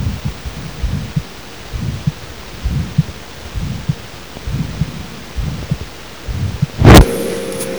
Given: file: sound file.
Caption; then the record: Audio file 2 (aortic stenosis).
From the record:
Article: Cardiac Auscultation Using Smartphones: Pilot Study